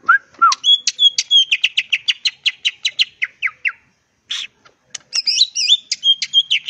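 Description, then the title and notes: Leafbird song: fast, continuous string of chirped and whistled notes, a short pause, then a dense jumbled chattering phrase. Vigorously singing (gacor), melodious leafbird (cucak ijo) in ngentrok style with crest raised (jambul nembak); recording intended as a master track for training other cucak ijo. "Cucak Ijo Gacor Ngentrok Jambul Nembak. suara burung cucak ijo gacor, merdu cocok buat masteran burung cucak ijo"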